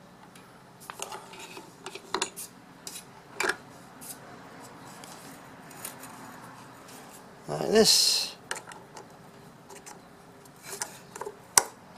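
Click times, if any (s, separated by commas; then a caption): 11.6 s. A plastic blade guard is pressed onto a kitchen machine's mixing blade assembly, with scattered plastic taps and handling clicks and a brief broadband rustle near 7.8 seconds while someone talks. It snaps into place with a sharp, loud click at 11.6 seconds, seating the guard on the blade.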